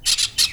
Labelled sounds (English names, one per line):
Brown-throated Parakeet contact call